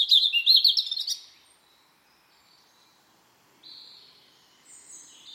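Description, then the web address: Bird song: a loud burst of quick, high twittering notes for about a second, then silence and a couple of faint, high, smeared phrases. "cianscape birddata Deverinetal 2025 File origin Bird Only"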